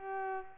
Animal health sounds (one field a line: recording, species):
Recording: mosquito wingbeat signal from an infrared sensor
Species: Culex pipiens